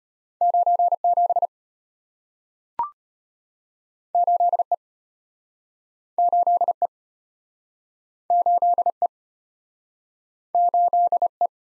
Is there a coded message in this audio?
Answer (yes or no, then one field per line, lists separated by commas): yes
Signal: Morse code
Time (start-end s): 0.4-11.5 s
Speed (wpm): 35 wpm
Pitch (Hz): 700 Hz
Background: none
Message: 97 8E 8E 8E 8E